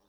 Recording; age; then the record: pig call; piglet (1 to 25 days)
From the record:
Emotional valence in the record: positive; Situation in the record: short reunion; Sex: female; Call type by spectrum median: low-frequency call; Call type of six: low-frequency tonal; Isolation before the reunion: 3 minutes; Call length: 0.09 s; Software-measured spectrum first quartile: 468 Hz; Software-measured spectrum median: 1422 Hz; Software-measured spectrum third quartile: 6702 Hz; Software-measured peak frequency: 404 Hz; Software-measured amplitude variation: 41 dB a second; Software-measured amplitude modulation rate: 11.4 a second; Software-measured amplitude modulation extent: 3.6 dB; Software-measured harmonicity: 1.7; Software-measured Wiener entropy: -2.19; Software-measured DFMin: 644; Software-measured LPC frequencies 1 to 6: 687, 3637, 4393, 5588, 7480, 9248 Hz